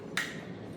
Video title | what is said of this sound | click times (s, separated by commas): REVIEW - Electric Bike - 500W Motor - 20 MPH Max Speed Folding Ebike | you're going to put that down, and this locks into place. | 0.2 s